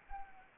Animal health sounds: mosquito wingbeat signal from an infrared sensor; Anopheles arabiensis

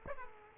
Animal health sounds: mosquito wingbeat signal from an infrared sensor; Aedes aegypti

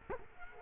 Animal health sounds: mosquito wingbeat signal from an infrared sensor; Culex quinquefasciatus

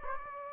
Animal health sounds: mosquito wingbeat signal from an infrared sensor; Anopheles gambiae

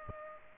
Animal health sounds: mosquito wingbeat signal from an infrared sensor; Aedes aegypti

